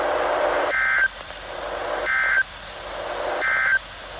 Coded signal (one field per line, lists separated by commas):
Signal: Emergency Alert System (SAME) tones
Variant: end-of-message bursts